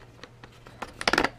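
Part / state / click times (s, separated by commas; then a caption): action camera mount piece into plastic holder on a homemade swivel mount / not seated / none. A plastic GoPro camera mount piece is slid into the plastic holder of a homemade swivel mount, whose plastic was shaved down so it can fit. Faint taps and scrapes of handling are followed by a burst of sharp plastic clatter from about 1.0 to 1.25 seconds. Nothing has seated or clicked home yet.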